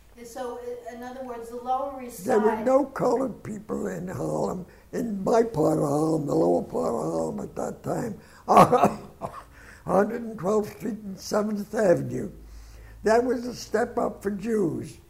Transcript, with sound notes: So in other words the lower eastside-
There were no colored people in Harlem, in my part of Harlem, the only part of Harlem at that time. (laughs) 112 th Street and 7 th Avenue. That was a step up for Jews.